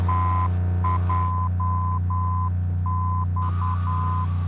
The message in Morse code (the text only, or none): TJX